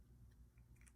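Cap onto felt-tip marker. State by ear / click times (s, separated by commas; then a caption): not seated / none. A cap is handled on a felt-tip marker, being pushed back on but not yet snapped closed, over a steady low hum. A few faint soft ticks and light scraping sounds are heard, with small sharp transients near 0.9 and 1.0 seconds. Nothing has clicked or seated yet.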